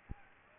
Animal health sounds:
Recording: mosquito wingbeat signal from an infrared sensor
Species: Aedes aegypti

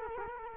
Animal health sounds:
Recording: mosquito wingbeat signal from an infrared sensor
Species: Culex quinquefasciatus

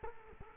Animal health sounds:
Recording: mosquito wingbeat signal from an infrared sensor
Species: Culex quinquefasciatus

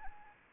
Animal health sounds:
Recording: mosquito wingbeat signal from an infrared sensor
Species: Anopheles arabiensis

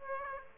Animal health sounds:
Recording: mosquito wingbeat signal from an infrared sensor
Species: Aedes aegypti

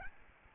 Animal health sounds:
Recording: mosquito wingbeat signal from an infrared sensor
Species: Aedes albopictus

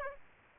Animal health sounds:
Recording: mosquito wingbeat signal from an infrared sensor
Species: Aedes aegypti

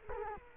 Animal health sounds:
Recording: mosquito wingbeat signal from an infrared sensor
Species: Culex quinquefasciatus

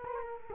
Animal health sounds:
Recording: mosquito wingbeat signal from an infrared sensor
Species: Culex quinquefasciatus

